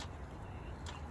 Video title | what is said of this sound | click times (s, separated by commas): 2012 Ford Fusion valve covers spark plugs maintenance Part 2 of 4 | Yep, both of them click there. | 0.0 s, 0.9 s